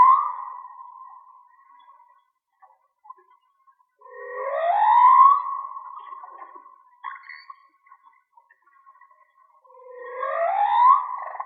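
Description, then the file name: Whale song: a sustained tonal moan followed by two swelling upward sweeps roughly six seconds apart, with harmonic overtones above. Mono; shared for whale watching. "Whale Song-colin"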